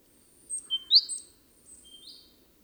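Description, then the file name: Great tit calls: a tight burst of four high, sharp chirps followed by a fainter slurred note. "Parus major"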